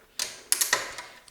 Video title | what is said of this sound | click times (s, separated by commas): Arctic Budget CPU Coolers Review Roundup Comparison Alpine 11, Alpine 11 Pro and Alpine 11 Plus | push down the cooler and then you push in the pins in a diagonal fashion you should hear like a little click and | 0.5 s